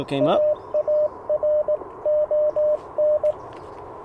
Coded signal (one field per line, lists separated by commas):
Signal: Morse code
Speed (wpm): 21 wpm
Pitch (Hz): 600 Hz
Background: speech, radio noise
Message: AARON